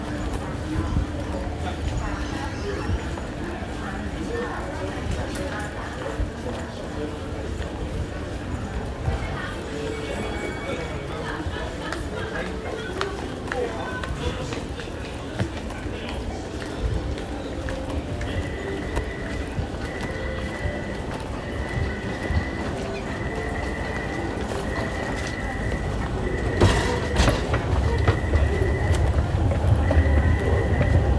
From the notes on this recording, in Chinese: 從台北車站搭捷運上班